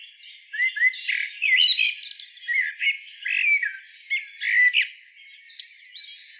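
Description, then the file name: Common blackbird song: repeated short phrases of warbled whistles followed by squeaky high twitters, with brief pauses between phrases. "Turdus merula"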